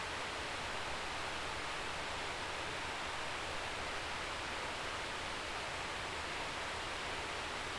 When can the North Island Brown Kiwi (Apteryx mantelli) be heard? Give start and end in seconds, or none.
none